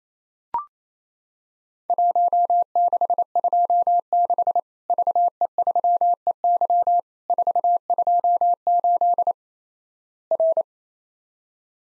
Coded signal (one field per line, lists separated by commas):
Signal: Morse code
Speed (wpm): 28 wpm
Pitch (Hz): 700 Hz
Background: none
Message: 1626 VE3EY 428 R